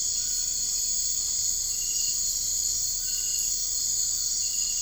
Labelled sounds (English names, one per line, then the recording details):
none
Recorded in dense forest near Puerto Asís, Putumayo, Colombia, on 13 March 2025 at 01:30
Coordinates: 0.485, -76.318
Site G056